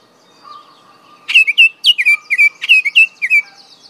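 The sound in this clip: Songbird song, a rapid run of bright, high chirped notes, many dipping slightly in pitch, delivered in quick succession over a faint lower whistle.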